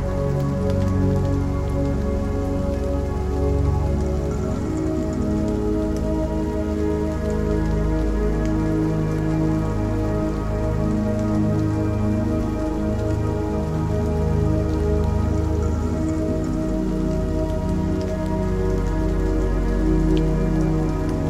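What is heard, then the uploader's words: Steady rain falls throughout, a dense, even patter that never lets up across the whole clip. Underneath, low sustained tones hum continuously, giving a warm, droning bed beneath the rainfall. The level stays constant from start to finish. Morning - Rain Sound - Nature Sound - Relaxation Music.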